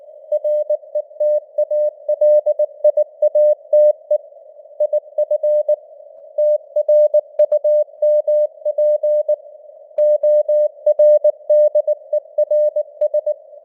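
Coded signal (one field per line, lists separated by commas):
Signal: Morse code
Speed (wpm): 19 wpm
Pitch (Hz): 600 Hz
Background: none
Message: RETALIATE IF TRUMP ORDERS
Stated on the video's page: Morse news headlines at 19 wpm with simulated radio noise and varying signal strength (QSB).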